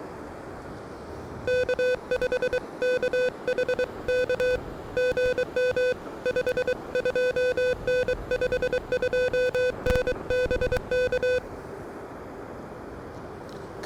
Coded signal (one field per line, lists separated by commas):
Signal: Morse code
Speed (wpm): 23 wpm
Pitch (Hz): 500 Hz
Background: music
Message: K5KHK GM 52N 52N BK